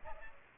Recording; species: mosquito wingbeat signal from an infrared sensor; Aedes aegypti